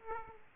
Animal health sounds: mosquito wingbeat signal from an infrared sensor; Aedes aegypti

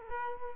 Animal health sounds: mosquito wingbeat signal from an infrared sensor; Culex quinquefasciatus

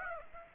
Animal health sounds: mosquito wingbeat signal from an infrared sensor; Aedes aegypti

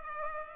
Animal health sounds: mosquito wingbeat signal from an infrared sensor; Culex pipiens

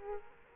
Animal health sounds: mosquito wingbeat signal from an infrared sensor; Culex quinquefasciatus

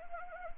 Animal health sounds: mosquito wingbeat signal from an infrared sensor; Anopheles arabiensis

